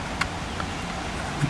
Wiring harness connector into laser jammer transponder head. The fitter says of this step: that guy in there until it gives us a little click for some feedback and it's in and now some